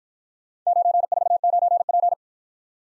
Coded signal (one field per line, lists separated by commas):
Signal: Morse code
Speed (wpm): 56 wpm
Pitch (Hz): 700 Hz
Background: none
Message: 949P